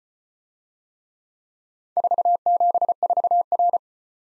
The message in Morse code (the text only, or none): 474R